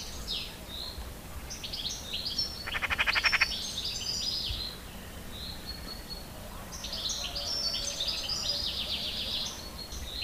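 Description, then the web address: Eurasian magpie gives one short harsh rattling chatter early on, while other small birds keep up thin, high twittering songs around it. "agykontroll Madardalok Cd 2. Szarka"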